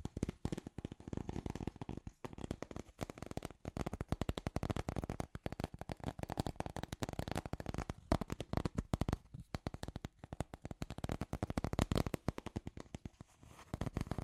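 Scratchy tapping runs nonstop in dense, rapid, irregular clicks and rasps, crackling like firecrackers, with brief gaps near two and nine seconds.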